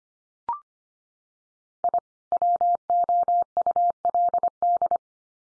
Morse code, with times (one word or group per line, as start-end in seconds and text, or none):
1.8-2.0 I
2.3-5.0 WOULD